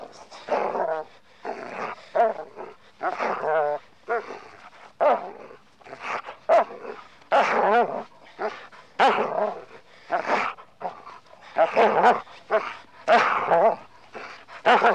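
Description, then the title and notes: Dog barking repeatedly in short, rough bursts, continuing throughout with little pause. "NHK Sound Effects Collection - 3-Frogs, Crickets, Cicadas, Horses, Dogs. NHK効果音集 - 3-カエル・虫・セミ・ウマ・イヌ"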